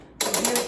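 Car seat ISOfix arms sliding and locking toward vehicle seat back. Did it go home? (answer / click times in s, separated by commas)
yes / 0.2 s, 0.3 s, 0.4 s, 0.6 s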